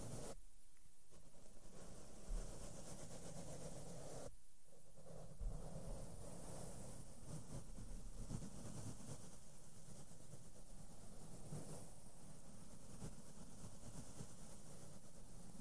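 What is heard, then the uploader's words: Makeup brushes sweep over a microphone in a steady, dense rustle, a soft scratchy hiss that fills the whole clip with little pause. Brief dips come near the start and around four seconds, and a few small taps or bumps land near two and five seconds. ASMR SOFT SOUNDS WITH MAKEUP BRUSHES ON MIC AND MICROPHONE TOUCHING.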